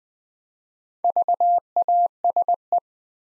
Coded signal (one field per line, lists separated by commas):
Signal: Morse code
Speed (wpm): 20 wpm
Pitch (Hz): 700 Hz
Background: none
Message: VASE